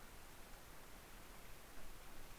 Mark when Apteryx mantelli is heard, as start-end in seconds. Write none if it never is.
none